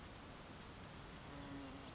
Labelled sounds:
Western Flycatcher (Empidonax difficilis)

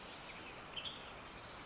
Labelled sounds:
Western Tanager (Piranga ludoviciana)

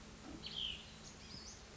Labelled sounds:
Cassin's Vireo (Vireo cassinii)

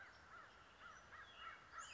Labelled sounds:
American Crow (Corvus brachyrhynchos)

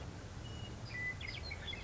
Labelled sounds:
Western Meadowlark (Sturnella neglecta)

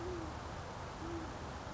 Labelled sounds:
Great Horned Owl (Bubo virginianus)

